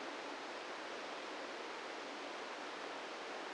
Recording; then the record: brain microelectrode recording played as sound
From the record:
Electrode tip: inside the subthalamic nucleus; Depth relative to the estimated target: 0 mm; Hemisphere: right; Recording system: NeuroSet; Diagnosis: Parkinson's disease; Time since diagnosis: 17 years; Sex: male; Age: 64 years